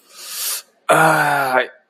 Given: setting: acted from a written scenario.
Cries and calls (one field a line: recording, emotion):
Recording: vocal sound without words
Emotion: distress